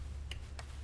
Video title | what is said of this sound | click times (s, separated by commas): Porsche 944 LS Swap: Motion Raceworks Valve Covers | oh yeah I heard and felt that click that was a good good one all | 0.3 s